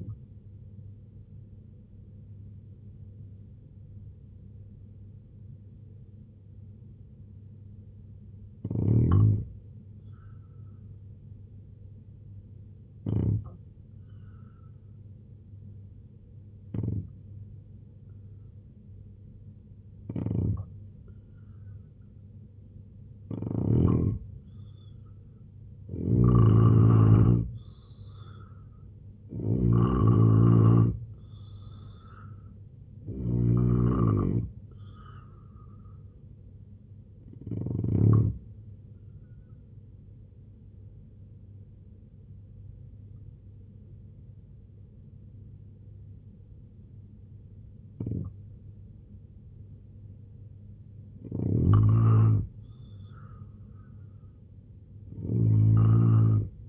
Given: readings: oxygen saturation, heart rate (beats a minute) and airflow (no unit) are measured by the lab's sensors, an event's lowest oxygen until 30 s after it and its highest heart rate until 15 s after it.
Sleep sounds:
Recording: breathing in sleep by a smartphone at the bedside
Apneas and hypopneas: 2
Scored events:
4.00-27.00 s: hypopnea (N2, oxygen 90% highest, then 80% lowest, heart rate 70 at the start, 84 highest)
27.00-56.69 s: new sleep stage, N3 (deep sleep)
39.00-51.50 s: hypopnea (N3, oxygen 92% highest, then 86% lowest, heart rate 77 at the start, 77 highest)
From the record:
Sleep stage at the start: N2 (light sleep)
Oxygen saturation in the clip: 80 to 93%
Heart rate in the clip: 67 to 84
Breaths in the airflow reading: 8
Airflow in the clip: -4.3 to 7.4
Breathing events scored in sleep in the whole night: 258 in 7.4 hours asleep

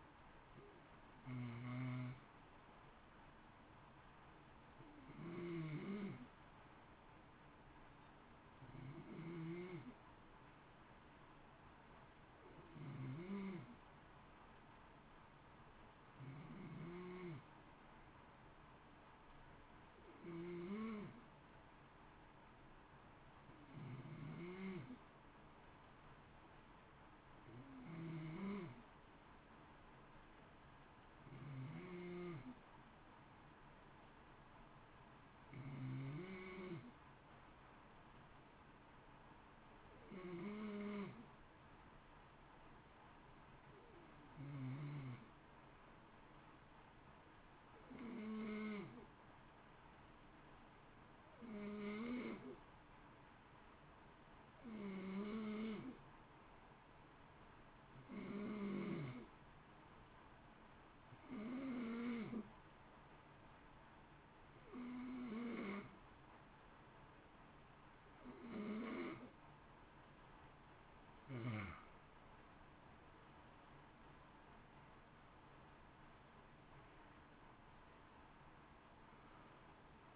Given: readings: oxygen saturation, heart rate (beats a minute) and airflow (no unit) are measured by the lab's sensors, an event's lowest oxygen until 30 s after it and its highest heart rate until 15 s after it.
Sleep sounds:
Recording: breathing in sleep by a voice recorder at the bedside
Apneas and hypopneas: none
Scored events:
60.00-80.16 s: new sleep stage, N1 (lightest sleep)
From the record:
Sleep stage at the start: N2 (light sleep)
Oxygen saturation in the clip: 91 to 93%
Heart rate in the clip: 52 to 59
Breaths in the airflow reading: 24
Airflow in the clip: -3.5 to 1.9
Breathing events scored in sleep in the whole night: 328 in 6.3 hours asleep

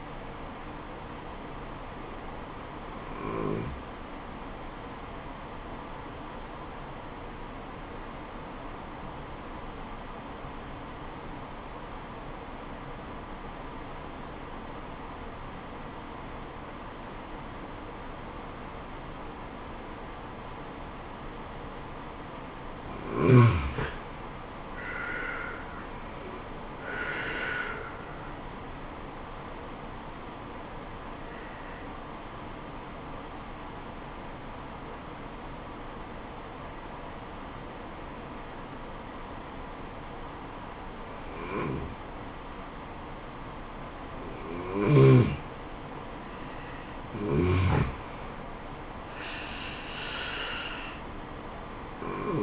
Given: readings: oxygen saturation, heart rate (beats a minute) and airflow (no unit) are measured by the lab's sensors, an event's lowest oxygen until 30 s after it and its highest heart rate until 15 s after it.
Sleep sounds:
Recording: breathing in sleep by a voice recorder at the bedside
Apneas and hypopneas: 2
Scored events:
8.00-25.90 s: obstructive apnea (N1, oxygen 95% highest, then 83% lowest, heart rate 72 at the start, 80 highest)
14.00-52.43 s: new sleep stage, N2 (light sleep)
32.00-48.00 s: obstructive apnea (N2, oxygen 91% highest, then 89% lowest, heart rate 71 at the start, 80 highest)
From the record:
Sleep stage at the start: N1 (lightest sleep)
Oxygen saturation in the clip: 83 to 95%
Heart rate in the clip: 64 to 80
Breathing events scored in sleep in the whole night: 426 in 7.4 hours asleep

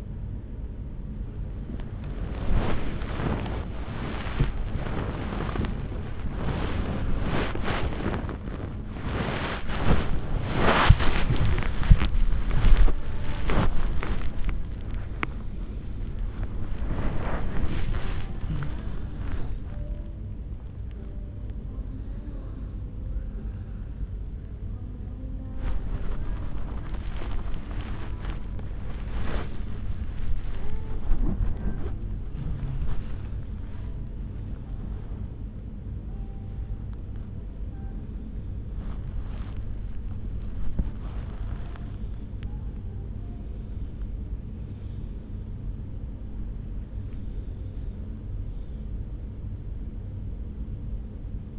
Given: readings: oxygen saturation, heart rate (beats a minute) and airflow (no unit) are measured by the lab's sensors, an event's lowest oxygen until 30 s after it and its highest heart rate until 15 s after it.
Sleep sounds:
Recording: a person awake in a sleep study, by a smartphone at the bedside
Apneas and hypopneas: none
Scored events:
0.00-51.59 s: awake
From the record:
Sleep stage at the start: awake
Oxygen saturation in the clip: 93 to 96%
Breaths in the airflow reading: 11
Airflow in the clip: -6.3 to 6.1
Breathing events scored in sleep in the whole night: 335 in 6.7 hours asleep

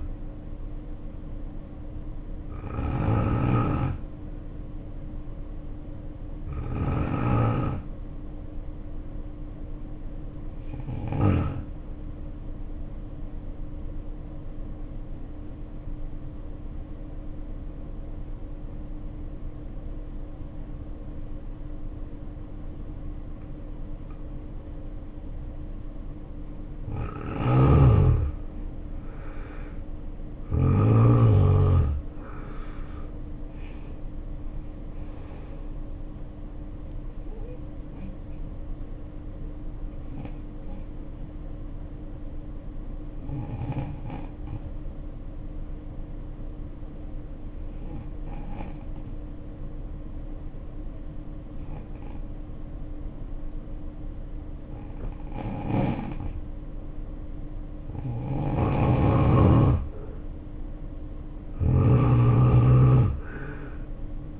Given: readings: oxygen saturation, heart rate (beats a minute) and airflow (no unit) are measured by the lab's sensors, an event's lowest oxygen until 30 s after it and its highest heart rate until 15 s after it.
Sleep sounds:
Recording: breathing in sleep by a smartphone at the bedside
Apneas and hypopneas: 2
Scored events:
13.00-27.20 s: obstructive apnea (N2, oxygen 95% highest, then 77% lowest, heart rate 62 at the start, 73 highest)
23.00-53.00 s: new sleep stage, N1 (lightest sleep)
43.00-59.00 s: hypopnea (N1, oxygen 93% highest, then 82% lowest, heart rate 57 at the start, 69 highest)
53.00-64.40 s: new sleep stage, N2 (light sleep)
From the record:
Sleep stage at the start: N2 (light sleep)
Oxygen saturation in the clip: 77 to 95%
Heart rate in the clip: 56 to 73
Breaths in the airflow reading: 10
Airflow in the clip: -11.0 to 10.3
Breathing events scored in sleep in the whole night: 520 in 7.2 hours asleep

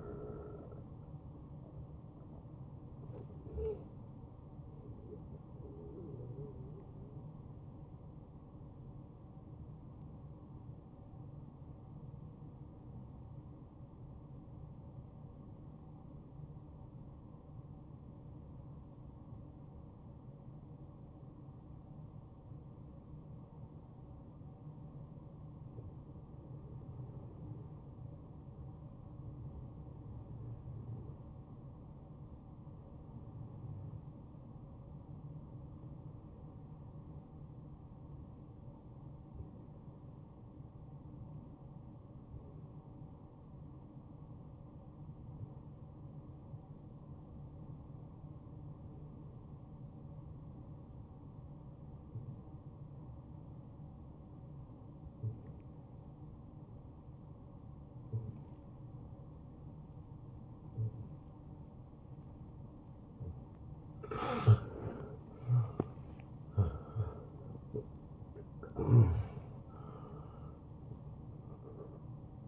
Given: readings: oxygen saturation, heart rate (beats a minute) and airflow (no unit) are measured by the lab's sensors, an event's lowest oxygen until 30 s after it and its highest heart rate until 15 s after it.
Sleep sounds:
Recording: breathing in sleep by a smartphone at the bedside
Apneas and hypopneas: 1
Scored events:
3.00-64.50 s: hypopnea (N1, oxygen 97% highest, then 88% lowest, heart rate 69 at the start, 76 highest)
54.00-72.48 s: new sleep stage, N2 (light sleep)
From the record:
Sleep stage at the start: N1 (lightest sleep)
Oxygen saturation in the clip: 87 to 97%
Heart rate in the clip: 57 to 73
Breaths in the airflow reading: 17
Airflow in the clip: -10.7 to 9.1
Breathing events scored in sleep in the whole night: 263 in 5.5 hours asleep

